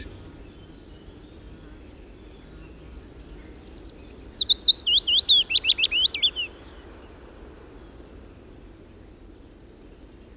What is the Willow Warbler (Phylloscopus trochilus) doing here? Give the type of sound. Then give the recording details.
song. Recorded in the wild. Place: Wolin, Westpommern, PL. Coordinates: 53.923, 14.549. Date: 1972-06-04. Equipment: Nagra III BH, Sennheiser MD 21, parabola. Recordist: Schubert, Michael